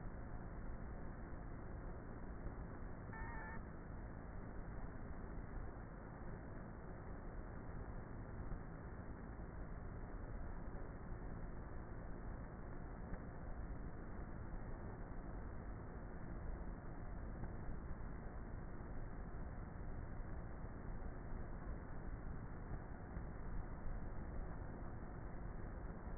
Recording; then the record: honeybee colony, microphone inside the hive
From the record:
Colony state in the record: queenless with a low population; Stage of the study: before two queens were removed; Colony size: about 30,000 bees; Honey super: no